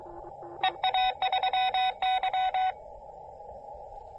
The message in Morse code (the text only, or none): EA3Y